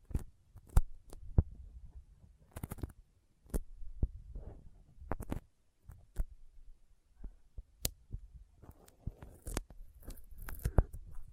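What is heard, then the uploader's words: Sticky fingers tap and peel apart in quick, irregular clicks and smacks, with sharp bright snaps scattered across the whole stretch. Between the snaps, low soft thuds and a faint tacky rustle fill in, with brief near-silent gaps around two and five seconds. ASMR Intense Sticky Finger Sounds (No Talking).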